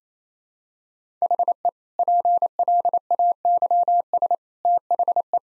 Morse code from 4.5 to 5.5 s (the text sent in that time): THE